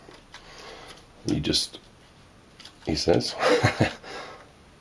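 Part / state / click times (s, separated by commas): plug adapter onto battery charger body / not seated / none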